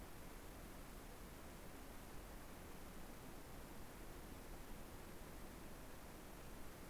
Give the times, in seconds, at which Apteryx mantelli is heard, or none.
none